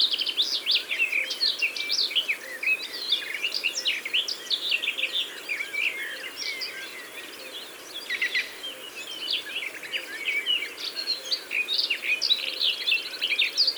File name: Fauvette des jardins ABC des chants doiseaux